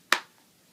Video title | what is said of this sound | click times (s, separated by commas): Dye i4 Review | Hear that snap? | 0.1 s